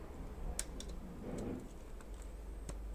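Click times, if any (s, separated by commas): none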